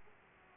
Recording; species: mosquito wingbeat signal from an infrared sensor; Aedes aegypti